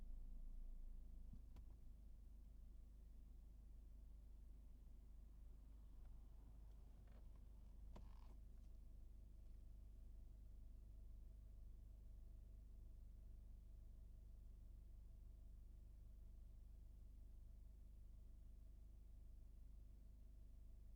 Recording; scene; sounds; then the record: everyday scene through a hearing-aid microphone; in a vehicle; engine idling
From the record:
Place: Berlingo II, diesel engine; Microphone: behind the ear, right, front